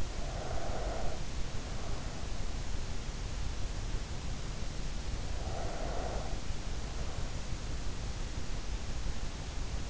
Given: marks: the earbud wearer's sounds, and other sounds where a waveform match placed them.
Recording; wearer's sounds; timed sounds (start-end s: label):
sounds in sleep by an in-ear microphone; breath
0.00-2.23 s: breath
5.31-7.49 s: breath